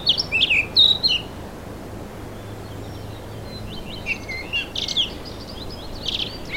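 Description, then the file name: Eurasian blackcap giving short bursts of high warbled and whistled notes, separated by a quiet gap of a few seconds. "Sylvia atricapilla"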